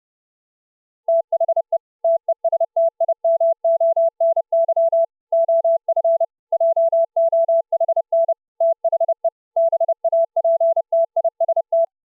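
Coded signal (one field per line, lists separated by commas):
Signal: Morse code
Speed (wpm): 30 wpm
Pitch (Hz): 660 Hz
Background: none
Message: THE TESTIMONY OF JOHN THE BAPTIST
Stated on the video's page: VLF signal received by sound card input SDR software, demo at 48 kHz sample rate covering ±24 kHz.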